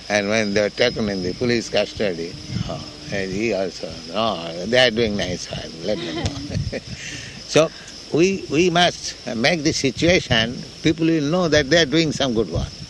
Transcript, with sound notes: and when they were taken in the police custody, he also, "Oh, they are doing nice work. Let them go." [chuckling] So we must make the situation—people will know that "They are doing some good work."